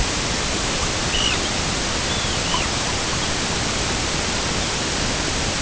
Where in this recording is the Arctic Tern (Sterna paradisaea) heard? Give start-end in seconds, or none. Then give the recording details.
1.05-1.60, 2.02-2.84. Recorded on Arctic tundra, site EABA-MC, on 22 June 2019. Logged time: 16:00